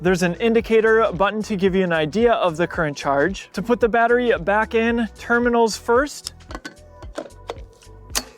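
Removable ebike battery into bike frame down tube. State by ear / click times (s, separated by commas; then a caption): seated / 8.2 s. Someone talks over background music while the removable battery of an Aventon Soltera 2.5 e-bike, a small battery of just over 4 lb, is put back into the frame's down tube terminals end first. After brief handling sounds around 7.2 s and 7.5 s, the battery is pushed in and snaps into its lock at 8.2 s, seated so the keys can be removed.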